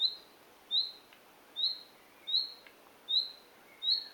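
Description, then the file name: Common nightingale calling with short, high, upward-rising whistles repeated about every 0.8 seconds, steady and clear over faint background hiss. "Luscinia megarhynchos"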